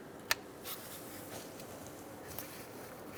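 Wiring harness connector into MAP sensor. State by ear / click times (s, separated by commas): seated / 0.3 s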